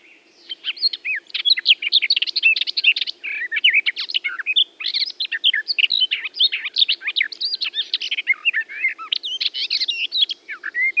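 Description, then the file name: Garden warbler song: a long, fast, continuous warble of rich, varied, mostly high notes. "lehtokerttu jan erik bruun"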